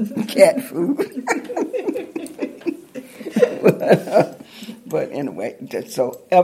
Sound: laughter

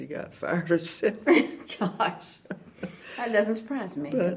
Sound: laughter

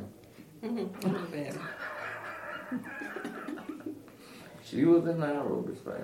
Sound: laughter

